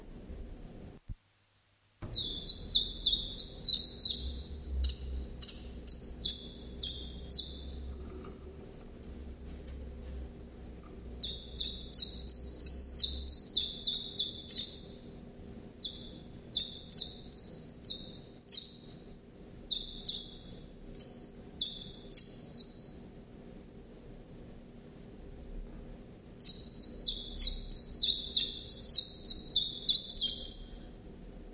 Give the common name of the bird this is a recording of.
Common Chiffchaff